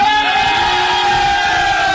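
Three people in a radio studio shout together in one loud, sustained cry lasting about two seconds, with one voice at the microphone ringing out above the others and no ordinary talk.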